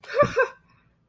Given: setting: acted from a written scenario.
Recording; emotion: vocal sound without words; elation